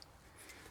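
A second cleaned, shiny metal brake pad abutment clip is pushed into the caliper bracket of a Scion FR-S, with grease on the contact areas. It gives a single sharp snap at 0.0 s, followed by a low, steady background. The clip is seated.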